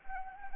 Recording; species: mosquito wingbeat signal from an infrared sensor; Anopheles arabiensis